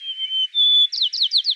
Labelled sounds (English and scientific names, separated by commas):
White-crowned Sparrow (Zonotrichia leucophrys) song